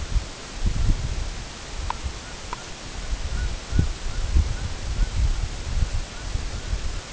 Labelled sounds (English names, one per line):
Canada Goose